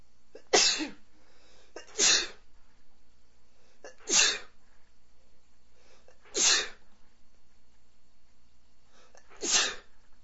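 Five sharp, explosive sneezes from an adult man in spring, spaced a couple of seconds apart, with a brief inhalation heard before most of them.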